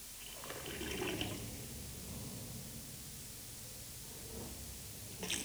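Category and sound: household object, water running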